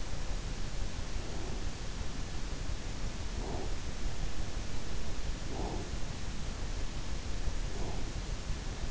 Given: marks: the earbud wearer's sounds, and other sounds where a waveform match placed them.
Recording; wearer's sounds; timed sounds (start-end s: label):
sounds in sleep by an in-ear microphone; breath
1.27-1.82 s: breath
3.31-3.82 s: breath
5.47-5.99 s: breath
7.57-8.25 s: breath